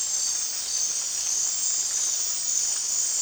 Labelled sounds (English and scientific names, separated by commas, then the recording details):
none
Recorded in dense forest near Puerto Asís, Putumayo, Colombia, on 25 June 2025 at 23:00
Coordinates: 0.466, -76.327
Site GP04